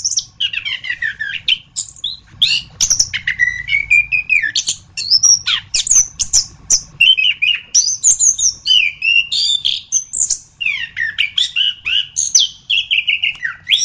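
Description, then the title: Thrush song, a long, dense stream of varied whistles, slurs and chattering notes, delivered rapidly with hardly any gaps. "Suara Burung Anis"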